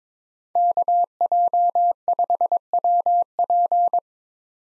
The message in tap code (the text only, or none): none